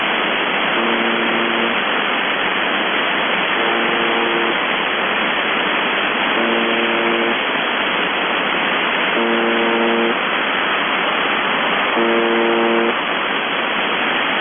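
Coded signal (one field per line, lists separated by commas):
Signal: channel marker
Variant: UVB-76 (The Buzzer)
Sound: five low, harsh one-second buzzes, about three seconds apart, over constant radio hiss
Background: radio static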